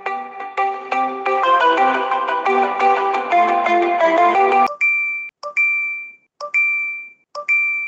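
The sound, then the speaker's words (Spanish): A phone rings with a bright melodic ringtone that plays for several seconds and goes unanswered, then gives way to four short, evenly spaced high-pitched beeps. No one speaks. “Coge el teléfono, por favor, que me va a dar algo.”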